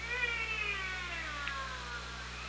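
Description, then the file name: Orca call, a long harmonic tone sliding slowly downward, with a brief burst midway and a constant low hum beneath. Recorded with a hydrophone on 24 August 2017. "Orca Lab"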